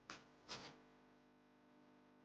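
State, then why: Seated. The small folding crank on a Playdate handheld game console is folded back into its recess in the plastic body and snaps in place with a single sharp click at 0.1 s. A second, broader burst of noise follows around 0.5 s, then only a faint steady hum. The crank is seated.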